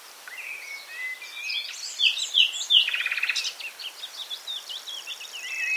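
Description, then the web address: Common nightingale song: a rising whistle, three sharp descending notes, a brief rattle, then a stream of varied twittering phrases. "SETE Luscinia megarhynchos"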